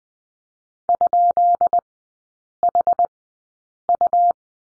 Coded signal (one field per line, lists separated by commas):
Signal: Morse code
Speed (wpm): 20 wpm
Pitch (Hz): 700 Hz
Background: none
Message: ?HU